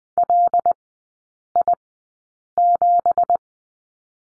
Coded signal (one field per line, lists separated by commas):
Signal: Morse code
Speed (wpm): 20 wpm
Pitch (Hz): 700 Hz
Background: none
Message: LI7